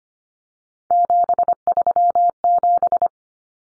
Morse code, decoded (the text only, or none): 737